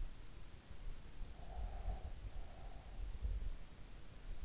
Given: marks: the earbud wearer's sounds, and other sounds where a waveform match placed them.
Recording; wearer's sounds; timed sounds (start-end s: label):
sounds in sleep by an in-ear microphone; breath
1.21-3.02 s: breath